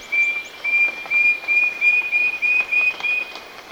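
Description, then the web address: Wing-banded Wren song: a series of clear, high whistled notes on a nearly level pitch, about three per second. Ecuador. "Birds of Ecuador 29 wing-banded Wren"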